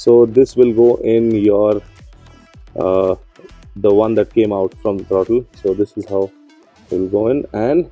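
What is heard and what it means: A female plug of a Wind Booster plug-in throttle controller harness is brought to the connector that comes out of the throttle pedal on a Jimny, while someone talks over background music. Only faint handling ticks are heard around 2.1 s and 2.5 s, and nothing has seated or clicked yet.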